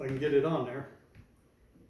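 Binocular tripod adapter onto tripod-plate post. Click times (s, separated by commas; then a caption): 1.1 s. Someone talks briefly while the socket of a binocular tripod adapter for Vortex Viper 10x50 binoculars is slipped over the post on a tripod plate. After the talking stops, a short, faint click at 1.2 s marks the adapter snapping into place, seated on the post.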